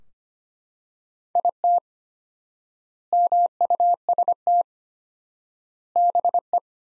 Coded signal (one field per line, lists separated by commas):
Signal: Morse code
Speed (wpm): 25 wpm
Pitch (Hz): 700 Hz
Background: none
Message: IT MUST BE